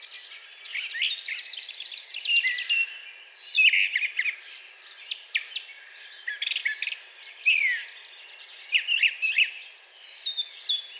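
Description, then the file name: Brown thrasher song: a rich run of varied, clipped phrases, some repeated, sweeping between low and high notes with short pauses, continuing throughout. Recorded on 4 June 2020. "2020-06-04 Brown Thrasher"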